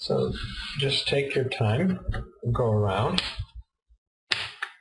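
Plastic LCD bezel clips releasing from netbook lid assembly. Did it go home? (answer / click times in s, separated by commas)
released / 4.3 s, 4.6 s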